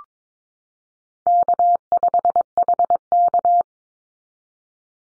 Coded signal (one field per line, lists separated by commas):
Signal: Morse code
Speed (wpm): 22 wpm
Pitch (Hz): 700 Hz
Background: none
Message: K5HK